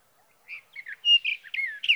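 Sage thrasher song in a jumbled, rapid stream of short warbling and slurred whistled notes.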